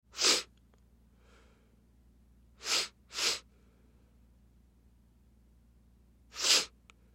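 Four sharp, hissing bursts from an adult at about 0.3, 2.7, 3.3 and 6.5 seconds, each a brief explosive expulsion of air. The middle two come as a quick pair. These are sneezes, separated by near silence with a faint low hum in the background.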